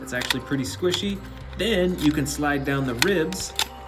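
Someone talks while handling a battle-damaged Albertosaurus dinosaur action figure, about to slide its plastic rib cover panel down over the squishy stomach wound on its torso. Faint handling taps sit under the voice and a musical background. The rib cover has not clicked or seated in place yet.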